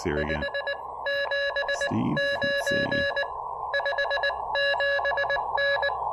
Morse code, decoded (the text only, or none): 579 57N